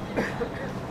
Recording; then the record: coughing mixed with background sound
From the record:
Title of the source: Coughing Man Sound - Man Cough Sound Effect